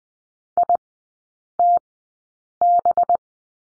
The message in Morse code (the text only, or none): ITB